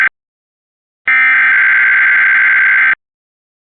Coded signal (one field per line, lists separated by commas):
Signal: Emergency Alert System (SAME) tones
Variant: header bursts